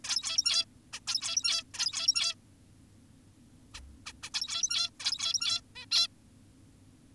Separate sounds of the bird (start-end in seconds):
0.04-0.65, 0.93-1.00, 1.07-1.64, 1.74-2.35, 3.74-3.81, 4.06-4.13, 4.23-4.30, 4.34-4.90, 5.00-5.61, 5.76-5.86, 5.92-6.08